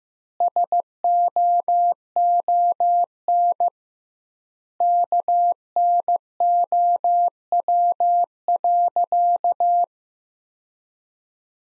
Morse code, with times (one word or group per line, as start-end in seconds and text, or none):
0.4-3.7 SOON
4.8-9.8 KNOW.